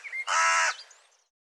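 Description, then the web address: Bird call: a brief whistled note followed by a single harsh, grating caw that fades out. "cianscape birddata Deverinetal"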